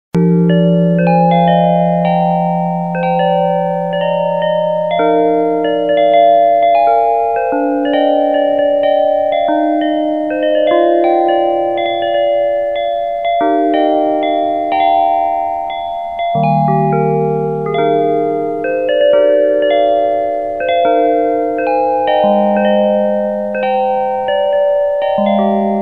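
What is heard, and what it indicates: Soft, slowly wandering chime-like tones ring over sustained low notes in a gentle, non-repeating melodic pattern, with no speech. This is the Widex ZEN Melodie Lavender fractal tone program, played by Widex hearing aids as a calming sound for tinnitus therapy.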